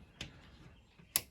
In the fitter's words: See, you hear that click? It locked in.